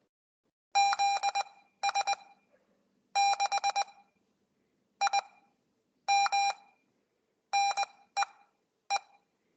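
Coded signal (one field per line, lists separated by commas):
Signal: Morse code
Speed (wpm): 20 wpm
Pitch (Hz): 810 Hz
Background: none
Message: ZS6IM NEE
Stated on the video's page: Weekly Morse code practice session held over Skype.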